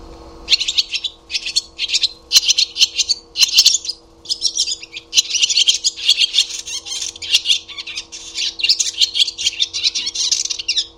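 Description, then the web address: Barn swallow twittering calls in quick, bright bursts, short chattering phrases repeated almost without pause, over a steady low mechanical hum. "Deverinetal 2025 Bird Only Hi Ru"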